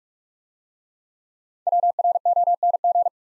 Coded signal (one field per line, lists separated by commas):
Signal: Morse code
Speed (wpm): 44 wpm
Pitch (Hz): 700 Hz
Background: none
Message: WRONG